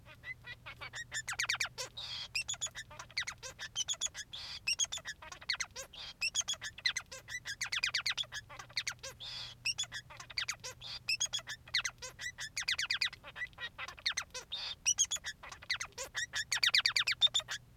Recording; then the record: song of a male Bengalese finch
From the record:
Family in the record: son of father 3